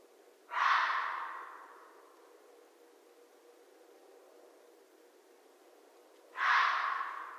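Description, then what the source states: Red fox call: two hoarse, raspy screams roughly six seconds apart, each loud at first and fading gradually into quiet background hiss. Recorded on 13 January 2012.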